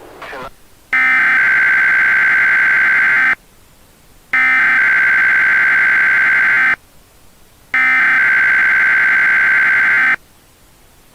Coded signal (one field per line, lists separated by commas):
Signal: Emergency Alert System (SAME) tones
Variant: header bursts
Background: speech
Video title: Old EAS message